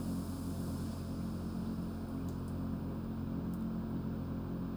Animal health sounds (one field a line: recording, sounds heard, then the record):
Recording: poultry house recording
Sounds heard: no chicken sound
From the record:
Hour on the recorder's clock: 22